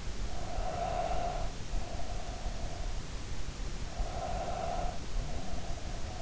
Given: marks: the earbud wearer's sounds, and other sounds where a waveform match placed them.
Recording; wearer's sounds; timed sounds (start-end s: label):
sounds in sleep by an in-ear microphone; breath
0.01-2.83 s: breath
3.86-6.22 s: breath